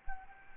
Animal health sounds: mosquito wingbeat signal from an infrared sensor; Anopheles gambiae

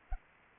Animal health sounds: mosquito wingbeat signal from an infrared sensor; Anopheles arabiensis

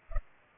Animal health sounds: mosquito wingbeat signal from an infrared sensor; Culex pipiens

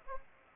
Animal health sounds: mosquito wingbeat signal from an infrared sensor; Anopheles arabiensis

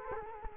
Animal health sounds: mosquito wingbeat signal from an infrared sensor; Culex quinquefasciatus

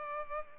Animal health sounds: mosquito wingbeat signal from an infrared sensor; Culex pipiens

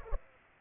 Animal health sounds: mosquito wingbeat signal from an infrared sensor; Culex pipiens

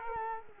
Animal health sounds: mosquito wingbeat signal from an infrared sensor; Culex quinquefasciatus

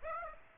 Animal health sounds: mosquito wingbeat signal from an infrared sensor; Aedes aegypti

